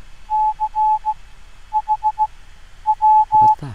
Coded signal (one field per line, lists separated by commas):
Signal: Morse code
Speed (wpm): 16 wpm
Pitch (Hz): 850 Hz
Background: speech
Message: C H W